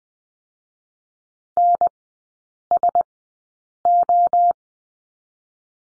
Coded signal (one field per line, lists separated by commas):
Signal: Morse code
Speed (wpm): 20 wpm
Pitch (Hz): 700 Hz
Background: none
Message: N S O